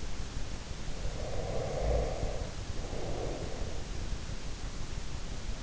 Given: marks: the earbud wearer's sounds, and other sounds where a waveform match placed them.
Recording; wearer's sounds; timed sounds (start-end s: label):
sounds in sleep by an in-ear microphone; breath
0.95-4.13 s: breath